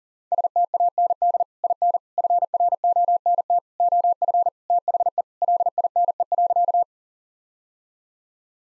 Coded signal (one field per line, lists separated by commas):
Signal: Morse code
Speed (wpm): 40 wpm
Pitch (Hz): 700 Hz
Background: none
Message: STAND IN FRONT OF THE LINE.